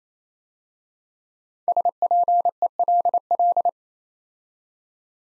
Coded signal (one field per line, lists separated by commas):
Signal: Morse code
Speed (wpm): 27 wpm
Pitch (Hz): 700 Hz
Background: none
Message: SPELL